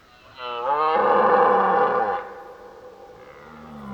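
Deer roaring, a harsh loud bellow rising from a harmonic onset, followed by a quieter moaning call.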